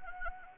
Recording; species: mosquito wingbeat signal from an infrared sensor; Anopheles gambiae